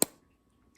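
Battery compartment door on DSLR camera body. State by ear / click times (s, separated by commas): seated / 0.0 s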